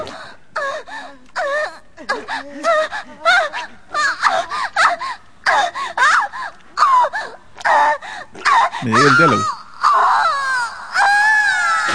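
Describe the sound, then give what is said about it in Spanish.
Tennis player Maria Sharapova's loud, high-pitched moaning grunts at Wimbledon repeat in quick, uneven bursts, one with each shot as she hits the ball, ending in a few longer wailing cries. A brief spoken phrase slips in. “Esa fue la Sharapova ganando en el último Wimbledon.”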